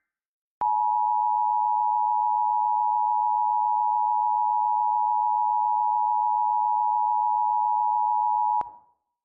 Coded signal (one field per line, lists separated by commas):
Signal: Emergency Alert System (SAME) tones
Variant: 853 and 960 Hz attention tone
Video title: EAS New Year’s Story: Signal From The Ball